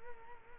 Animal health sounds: mosquito wingbeat signal from an infrared sensor; Culex quinquefasciatus

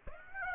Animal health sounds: mosquito wingbeat signal from an infrared sensor; Aedes aegypti

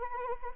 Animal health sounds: mosquito wingbeat signal from an infrared sensor; Anopheles arabiensis

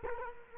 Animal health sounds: mosquito wingbeat signal from an infrared sensor; Culex quinquefasciatus

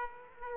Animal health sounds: mosquito wingbeat signal from an infrared sensor; Aedes aegypti

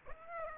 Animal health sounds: mosquito wingbeat signal from an infrared sensor; Aedes aegypti

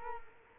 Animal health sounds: mosquito wingbeat signal from an infrared sensor; Culex quinquefasciatus

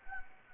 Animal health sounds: mosquito wingbeat signal from an infrared sensor; Anopheles gambiae

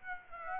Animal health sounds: mosquito wingbeat signal from an infrared sensor; Aedes aegypti

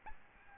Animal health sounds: mosquito wingbeat signal from an infrared sensor; Aedes albopictus

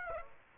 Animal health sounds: mosquito wingbeat signal from an infrared sensor; Aedes aegypti

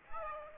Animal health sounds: mosquito wingbeat signal from an infrared sensor; Aedes aegypti

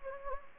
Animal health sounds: mosquito wingbeat signal from an infrared sensor; Anopheles gambiae

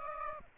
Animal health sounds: mosquito wingbeat signal from an infrared sensor; Aedes aegypti

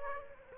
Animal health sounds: mosquito wingbeat signal from an infrared sensor; Aedes aegypti

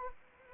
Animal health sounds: mosquito wingbeat signal from an infrared sensor; Anopheles arabiensis

